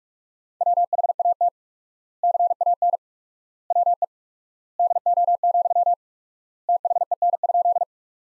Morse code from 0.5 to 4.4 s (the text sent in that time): WHAT CAN WE